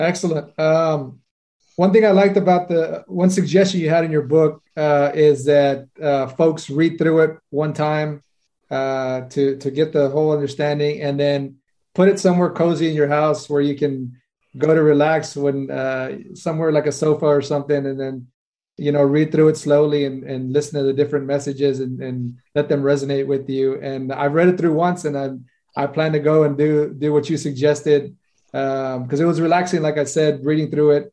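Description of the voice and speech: Clear, fluent adult conversational speech at a relaxed pace with ordinary pauses and fillers; a normal voice.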